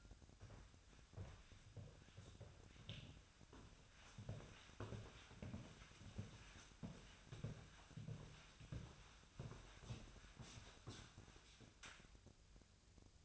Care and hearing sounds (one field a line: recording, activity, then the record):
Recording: daily activity, microphone in the room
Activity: walk to room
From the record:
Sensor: 2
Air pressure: 1010.0 hPa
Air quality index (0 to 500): 170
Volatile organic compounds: 8 ppm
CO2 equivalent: 2121 ppm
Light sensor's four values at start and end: 34/84/36/40 and 32/80/34/39